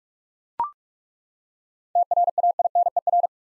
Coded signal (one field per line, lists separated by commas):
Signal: Morse code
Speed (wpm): 41 wpm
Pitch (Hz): 700 Hz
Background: none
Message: TRAINER